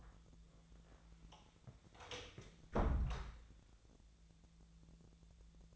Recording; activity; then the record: daily activity, microphone in the room; close door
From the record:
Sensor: 3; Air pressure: 1000.4 hPa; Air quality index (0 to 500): 176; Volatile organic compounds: 3 ppm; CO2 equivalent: 1528 ppm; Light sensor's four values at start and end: 14/32/14/14 and 14/33/14/14